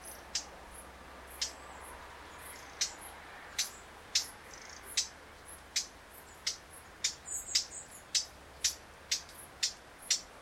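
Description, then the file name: Eurasian blackcap calls: a long, irregular series of hard, clicking tack notes. "Sylvia atricapilla"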